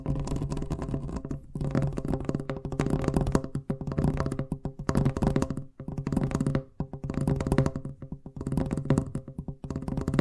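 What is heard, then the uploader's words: Fast tapping in quick, dense bursts of sharp clicks, broken by brief pauses about every one to two seconds. A steady low hum runs underneath throughout, and the taps sound bright and crisp over it, with a papery, shuffling quality to some bursts. ASMR Braingasm Inducing Fast Tapping (No Talking).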